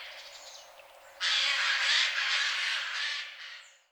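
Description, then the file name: Eurasian jay uttering one long, harsh, grating screech lasting over two seconds after a short quiet start. "Garrulus glandarius"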